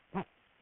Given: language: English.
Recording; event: throat vibration sensor signal played as sound; throat clearing